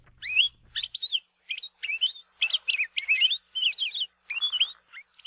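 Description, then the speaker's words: Palila singing a lively run of high, slurred warbling and trilled notes in short phrases, with brief pauses between them. Native Hawaiian honeycreeper found only on the Big Island, Hawaii. "Today, we are pleased to share the pleasant voice of the palila, a native honeycreeper that can be found only on the Big Island."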